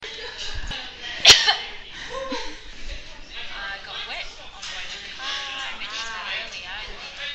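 A cough from an adult.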